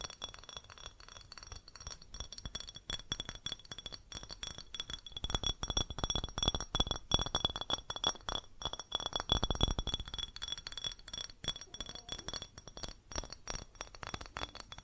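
Fast tapping on glass and ceramic objects makes a dense, continuous stream of quick clinks and ticks with a bright ringing edge. The tapping grows louder and fuller from about five to ten seconds, then eases back to a lighter, steady patter.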